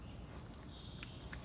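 A replaced steel thread-rolling die is being clamped and locked into its seat in the die holder of a thread-rolling machine. Steady low-frequency noise fills the clip, with two brief, sharp metallic taps near 1.0 and 1.3 seconds. Nothing has seated or locked home yet.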